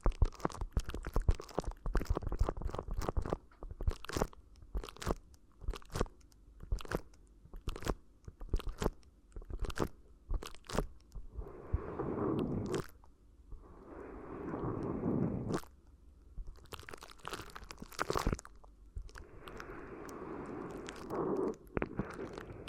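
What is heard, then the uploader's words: Crinkly ear massage: rapid crisp crunching and rustling bursts, dense at first, then slower scrunches with softer rubbing swells in between. ASMR Addictive Crinkly Ear Massage (No Talking).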